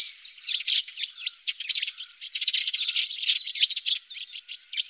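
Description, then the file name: Eurasian tree sparrow chattering in a dense, busy run of chirps and twittering notes, continuous throughout. "Pilfink"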